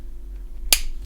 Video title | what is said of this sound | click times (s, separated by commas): ZyberVR All In One Handles for Quest 2 - Unboxing, Assembly, Review | and just push it until you hear that little click and then you're good it's locked in there | 0.7 s